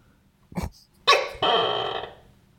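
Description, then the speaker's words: Tokay gecko cackling: a short low croak, then a harsh burst and a longer raspy, chickeny cackle fading away. Call is a series of cackles followed by syllables, sounding like 'gecko' or 'tokay', with variation between individuals. "So it sounds like not only the word gecko but also the word tokay."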